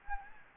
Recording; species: mosquito wingbeat signal from an infrared sensor; Anopheles gambiae